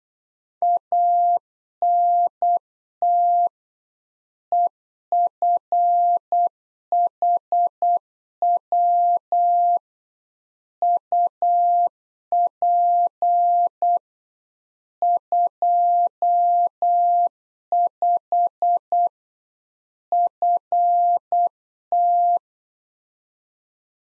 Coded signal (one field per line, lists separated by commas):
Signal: Morse code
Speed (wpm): 8 wpm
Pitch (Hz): 700 Hz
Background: none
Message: ANT EFHW UP 25 FT